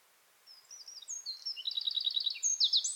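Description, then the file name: Eurasian wren song, faint high notes growing into quick rattling trills and sharper ringing phrases over about two and a half seconds, continuing to the end. "Troglodytes troglodytes"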